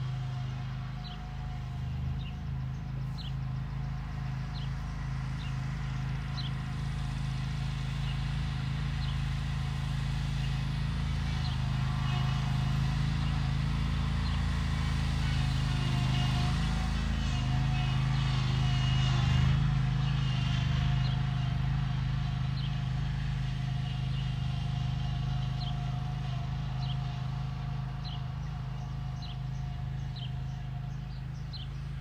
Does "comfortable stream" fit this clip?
no